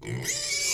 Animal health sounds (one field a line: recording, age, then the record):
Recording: pig call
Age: weaner (32 to 43 days)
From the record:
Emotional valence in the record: negative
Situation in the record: long isolation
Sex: female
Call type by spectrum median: high-frequency call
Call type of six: high-frequency modulated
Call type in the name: high-frequency modulated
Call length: 0.74 s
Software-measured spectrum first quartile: 1670 Hz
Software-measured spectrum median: 4616 Hz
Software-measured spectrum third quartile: 6472 Hz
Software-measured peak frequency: 2275 Hz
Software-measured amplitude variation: 101 dB a second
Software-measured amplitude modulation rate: 26.2 a second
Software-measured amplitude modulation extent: 3.9 dB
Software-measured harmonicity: 3.0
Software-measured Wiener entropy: -2.45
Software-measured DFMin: 841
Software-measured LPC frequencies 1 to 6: 368, 2238, 4910, 5322, 6217, 6855 Hz